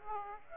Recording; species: mosquito wingbeat signal from an infrared sensor; Aedes aegypti